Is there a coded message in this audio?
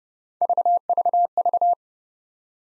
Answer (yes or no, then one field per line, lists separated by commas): no